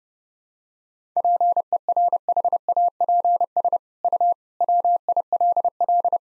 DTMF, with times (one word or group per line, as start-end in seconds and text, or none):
none